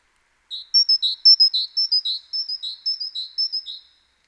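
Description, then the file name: Great tit giving a rhythmic two-note phrase, repeated about seven times in steady succession over clean silence. "Parus major"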